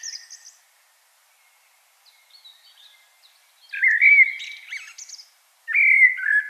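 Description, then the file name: Common blackbird giving soft high twitters, then a short fluty warbled phrase with scratchy high notes and the start of another, separated by brief pauses. "Turdus merula"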